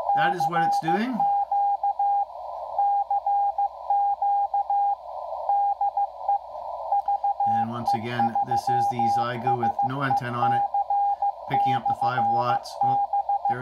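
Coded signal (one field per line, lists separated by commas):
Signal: Morse code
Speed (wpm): 15 wpm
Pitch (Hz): 810 Hz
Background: speech, radio noise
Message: CQ CQ DE VE3SEC/B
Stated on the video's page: 10 m beacon ID sent by an IC-7300 at 5 watts, received and decoded on a Xiegu X5105.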